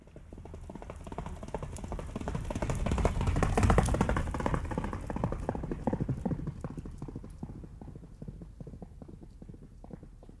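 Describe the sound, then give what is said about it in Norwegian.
The horse Tullekuken, with a rider, gallops past on Kvamsjordet at the Kvam farm in 1983, its hooves pounding in a fast, steady rhythm that swells louder toward the middle and then gradually fades away, with a low rumble underneath. “Du har hørt kontentumet Hest I galopp fra 1983.”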